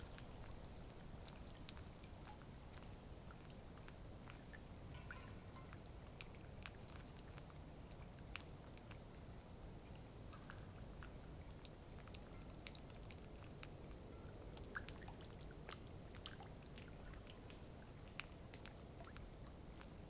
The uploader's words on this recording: This was recorded on a cloudy night beside Taylor Lake in the Russian Wilderness, Klamath National Forest, Siskiyou County, California. The recording starts at around midnight and continues until sunrise. The night was fairly calm with a faint breeze blowing through the treetops. Midnight Till Morning Beside Taylor Lake.